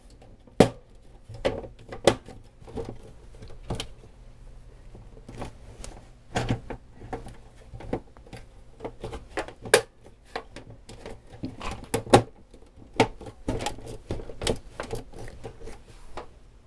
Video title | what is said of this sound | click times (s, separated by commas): Apple HD20SC: Recapping the SONY PSU [Hard Disk 20SC] | you should hear the clicking sounds whenever the tabs make their way into their respective slots | 0.6 s, 9.7 s, 13.0 s